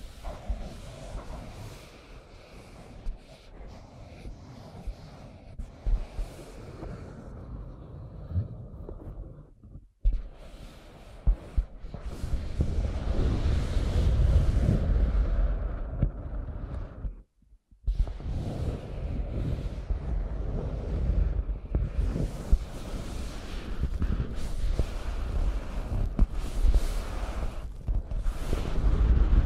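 Scratching and tracing sounds, dense rough rubbing strokes with heavy low rumble, pausing briefly near 10 and 17 seconds before resuming.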